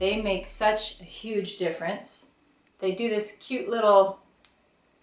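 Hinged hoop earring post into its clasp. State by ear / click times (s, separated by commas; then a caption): seated / 4.4 s. Someone talks, then closes the hinged clasp of a small gold hoop earring, pressing the post into its metal latch. One sharp, short click is heard at 4.4 s as the clasp snaps shut and the earring is fastened.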